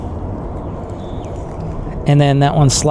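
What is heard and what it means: A brake light bulb socket is lined up with the opening in the tail light housing of a 2009–2015 Honda Pilot during an LED tail light upgrade, before being slid in. Low background noise fills the first two seconds, then someone talks from about 2.1 seconds. Nothing has seated or clicked yet.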